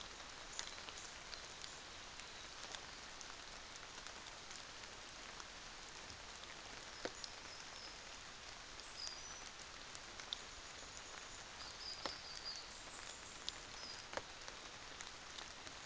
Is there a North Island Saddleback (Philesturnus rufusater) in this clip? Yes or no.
yes